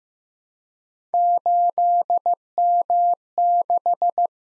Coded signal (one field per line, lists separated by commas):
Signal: Morse code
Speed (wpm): 15 wpm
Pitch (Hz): 700 Hz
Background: none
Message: 8M6